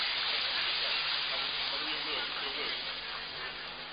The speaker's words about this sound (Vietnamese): Chúng ta tạ ơn Chúa và cảm ơn người chị em này bằng một tràng pháo tay, thưa anh chị em.